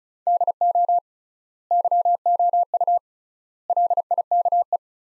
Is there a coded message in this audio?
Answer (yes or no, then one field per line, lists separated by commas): yes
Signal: Morse code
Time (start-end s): 0.3-4.8 s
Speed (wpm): 34 wpm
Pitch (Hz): 700 Hz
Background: none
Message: DO YOU LIKE